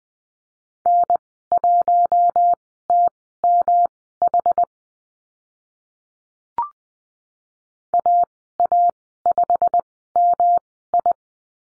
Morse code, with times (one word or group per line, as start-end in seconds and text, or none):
0.9-4.6 N1TMH
7.9-11.1 AA5MI